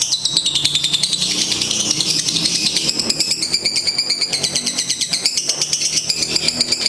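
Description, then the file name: Lovebird song, a fast, continuous high-pitched chattering trill of rapid repeated buzzy notes, steady throughout with slight rises and falls in pitch. "lovbird"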